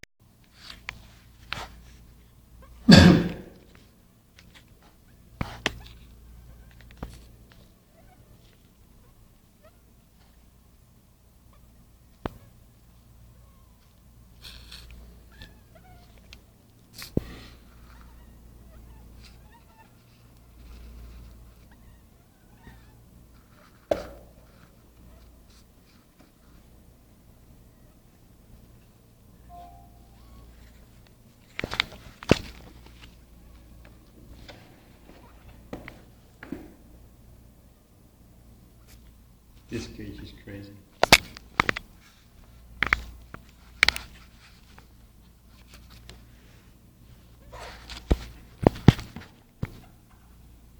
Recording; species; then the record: mosquito flight sound by mobile phone; Anopheles gambiae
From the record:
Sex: mixed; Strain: Kisumu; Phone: Nokia 5235